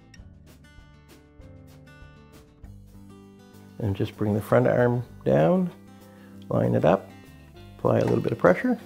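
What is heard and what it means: A motor retaining clamp is being fitted onto a dryer motor cradle in a tight space: the back piece of the second clamp is slid in and hooked onto the cradle, then lined up before its front arm is brought down and pressed to lock. Soft handling knocks are heard over quiet background music while someone talks. Nothing has seated or clicked yet.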